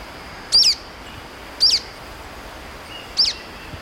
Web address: Natures Songs S America Birds of Ecuador 44 Golden-crowned Flycatcher